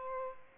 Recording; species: mosquito wingbeat signal from an infrared sensor; Aedes aegypti